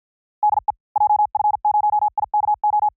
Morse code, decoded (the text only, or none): DE JF0IKO